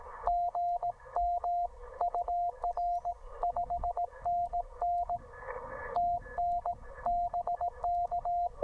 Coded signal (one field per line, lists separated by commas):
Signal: Morse code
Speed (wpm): 18 wpm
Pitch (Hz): 700 Hz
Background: radio noise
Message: GM UR 5NN TN BK